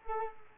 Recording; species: mosquito wingbeat signal from an infrared sensor; Culex quinquefasciatus